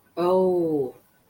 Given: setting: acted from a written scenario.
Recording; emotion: vocal sound without words; anger